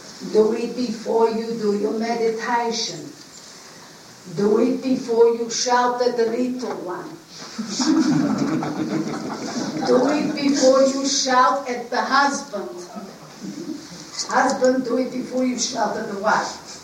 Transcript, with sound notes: Do it before you do your meditation. Do it before you shout at the little one. (Everyone laughs.) Do it before you shout at the husband. Husband do it before you shout at the wife.